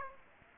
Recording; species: mosquito wingbeat signal from an infrared sensor; Aedes aegypti